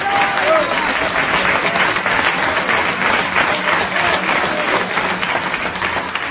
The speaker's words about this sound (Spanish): Estos aplausos, hermano, como que están medio raros hoy esta noche. Y no son para mí, valga la redundancia. Son para el Dios que está sentado en su trono de gloria. Yo le doy aplauso también.